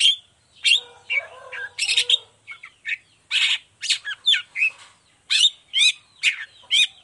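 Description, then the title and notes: Long-tailed shrike pouring out a varied warbling song of squeaks, whistles and scratchy notes, busy at first, then settling into quick, evenly spaced chirps. Morning; vigorous 'gacor' singing with a clear voice, full variation and 'toet toet' notes, said to be easy for any type of cendet to imitate. "Cendet Gacor Dor Di Kala Pagi Toet Toet Variasi Suara. Cendet Gacor Suara Jernih Full Variasi. Burung cendet"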